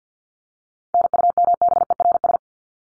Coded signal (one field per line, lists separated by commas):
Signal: Morse code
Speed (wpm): 50 wpm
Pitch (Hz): 700 Hz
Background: none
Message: NUMBERS